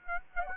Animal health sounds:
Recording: mosquito wingbeat signal from an infrared sensor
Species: Aedes aegypti

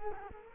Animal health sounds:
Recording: mosquito wingbeat signal from an infrared sensor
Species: Culex quinquefasciatus

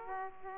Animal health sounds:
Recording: mosquito wingbeat signal from an infrared sensor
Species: Aedes aegypti

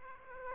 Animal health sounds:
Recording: mosquito wingbeat signal from an infrared sensor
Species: Aedes aegypti

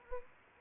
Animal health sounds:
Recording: mosquito wingbeat signal from an infrared sensor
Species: Anopheles arabiensis

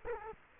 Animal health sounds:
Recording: mosquito wingbeat signal from an infrared sensor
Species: Culex quinquefasciatus

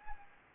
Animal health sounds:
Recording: mosquito wingbeat signal from an infrared sensor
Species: Anopheles gambiae

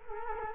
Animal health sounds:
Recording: mosquito wingbeat signal from an infrared sensor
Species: Culex quinquefasciatus

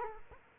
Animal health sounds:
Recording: mosquito wingbeat signal from an infrared sensor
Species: Culex quinquefasciatus

